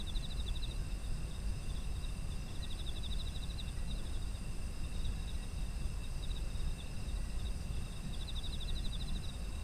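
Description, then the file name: Insects chirping in pulsed, buzzy trills at intervals, over steady high ringing tones from other insects and a constant low rumble. Autumn insect ambience. "秋の虫の環境音"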